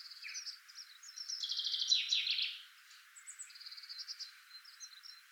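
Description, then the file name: Common chaffinch delivering a single bright, descending trill with a flourish, surrounded by softer high-pitched twittering and short rattles from other birds. "Fringilla coelebs"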